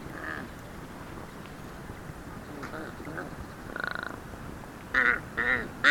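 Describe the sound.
Kaka uttering scattered harsh, raspy calls, some faint and some loud, ending with three strong nasal squawks close together; soft background noise throughout.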